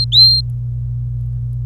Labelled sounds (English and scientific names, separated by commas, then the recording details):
Domestic Canary (Serinus canaria) song
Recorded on 26 April 2018 at 10:03
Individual llb3